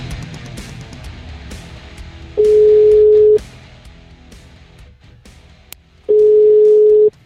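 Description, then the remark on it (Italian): A telephone ringback tone sounds twice, as a call is placed to a contrada (city district) in Siena: two loud, steady mid-pitched tones about a second each, separated by a few seconds of faint line hiss and small clicks. “Senti qua, questo che ha chiamato, credo, il Bruco.”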